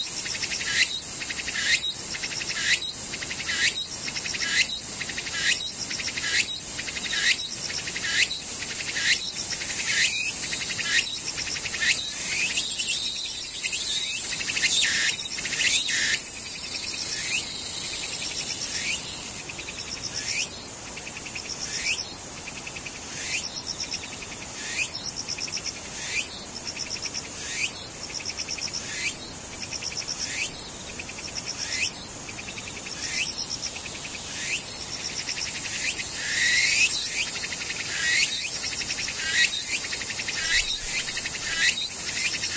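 Cicada-like insects call in a steady chorus of shrill, bright pulses, repeating about once or twice a second for the whole recording. Between roughly 12 and 19 seconds the calls thicken into a denser, continuous buzz before the regular pulsing returns.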